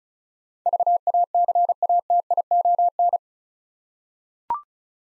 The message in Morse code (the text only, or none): VACATION